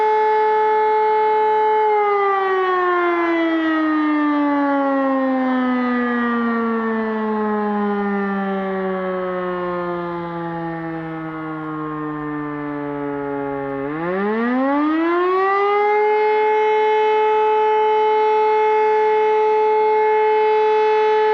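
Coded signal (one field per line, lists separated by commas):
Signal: siren signal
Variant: E57 siren, Feueralarm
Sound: loud steady siren howl that slowly sinks in pitch, then swells back up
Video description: Monatlicher Probealarm der Feuerwehrsirenen in Alfter am 20.03.2021 um 11.45 Uhr mit dem Signal "Feueralarm".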